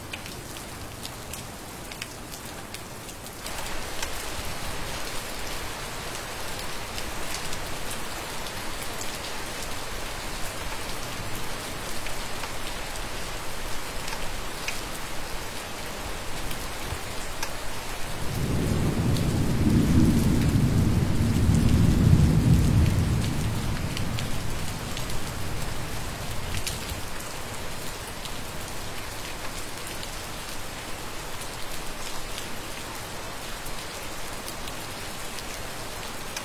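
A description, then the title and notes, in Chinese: Steady dense rain patters on a hut, thickening after about three seconds, with a low rumbling swell of wind around twenty seconds. 小屋风雨。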